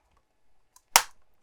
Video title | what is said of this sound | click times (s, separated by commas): Build the FDNY Ladder 9 Fire Truck 1:24 Scale - Pack 8 - Stages 50-57 | You heard that clicking? Perfect. | 0.8 s, 1.0 s